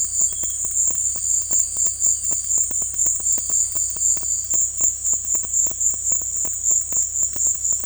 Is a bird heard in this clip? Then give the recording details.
no. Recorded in dense forest near Puerto Asís, Putumayo, Colombia, on 18 February 2024 at 17:00. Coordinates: 0.487, -76.319. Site G6403